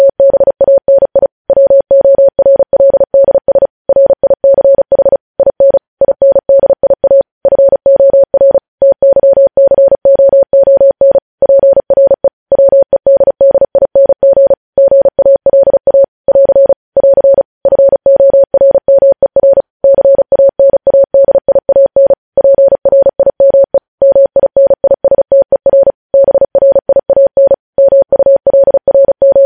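Morse code is tapped out as a single steady mid-pitched tone, switching on and off in quick dots and longer dashes with brief silent gaps between letters. The keying stays even and rapid for the whole stretch, clean, with no other sounds.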